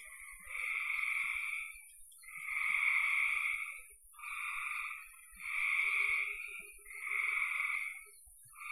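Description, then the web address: Frogs calling in buzzy trills, several bursts of one to two seconds separated by short quiet spells. "cn frogs"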